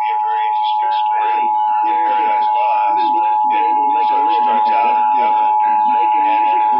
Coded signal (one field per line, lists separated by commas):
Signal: Emergency Alert System (SAME) tones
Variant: 853 and 960 Hz attention tone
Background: speech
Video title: Los Angeles Required Monthly Tests (EAS #1146-1169) 6/25/19